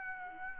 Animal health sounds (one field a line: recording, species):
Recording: mosquito wingbeat signal from an infrared sensor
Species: Aedes aegypti